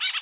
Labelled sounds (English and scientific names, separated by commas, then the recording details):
Brown-throated Parakeet (Eupsittula pertinax) contact call
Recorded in Bonaire
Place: just S of turnoff to Cai, near Lac Bay
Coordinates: 12.126, -68.239